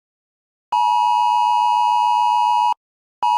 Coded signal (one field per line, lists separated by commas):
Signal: Emergency Alert System (SAME) tones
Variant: 853 and 960 Hz attention tone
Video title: EAS SCENARIO - SUN ACTIVITY